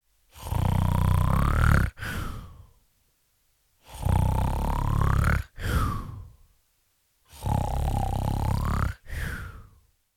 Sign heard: Snore.